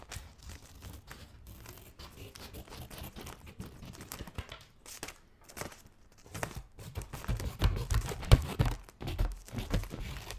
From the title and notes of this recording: Scissors Sounds Cutting Paper and Plastic near you.